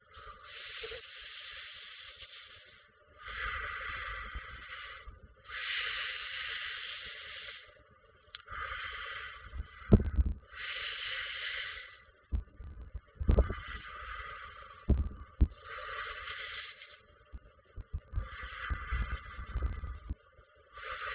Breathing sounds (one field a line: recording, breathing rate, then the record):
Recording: paced breathing near a phone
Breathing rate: 12 breaths a minute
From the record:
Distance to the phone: 20 cm